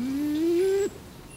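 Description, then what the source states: Kererū call, one low tonal note that rises gently, then ends with a quick downward drop. Green-blue pigeons native to New Zealand; sun themselves after a good meal; prefer fruit.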